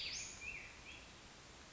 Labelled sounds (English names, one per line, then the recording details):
Western Flycatcher
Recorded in Sonoma County, California